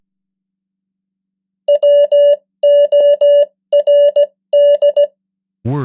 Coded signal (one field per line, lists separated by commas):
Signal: Morse code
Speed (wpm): 17 wpm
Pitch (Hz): 580 Hz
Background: none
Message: WORD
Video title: 100 most common English words in Morse Code @15wpm (+ spoken English words!)